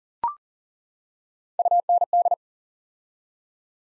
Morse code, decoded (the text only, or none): UND